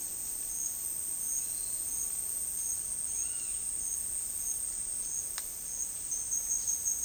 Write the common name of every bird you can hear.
Roadside Hawk